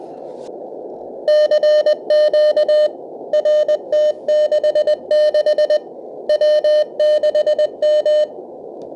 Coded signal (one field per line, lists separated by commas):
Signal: Morse code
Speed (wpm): 20 wpm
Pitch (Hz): 600 Hz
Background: none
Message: CQ RT66 W6M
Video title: Getting Started with DSP 2.4 Software Defined Radio and Unboxing.